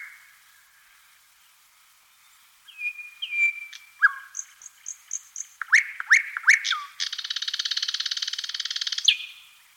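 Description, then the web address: Thrush nightingale song: clear whistled notes and sharp clicks build up, then a long dry rattling trill of rapid pulses lasting about two seconds. Recorded in Aleksandrov, 15 May 2021, at 20:58. "Solovej obyknovennyj Luscinia luscinia - Penie. Solovej obyknovennyj Luscinia luscinia - Aleksandrov-2021-05-15-20 58"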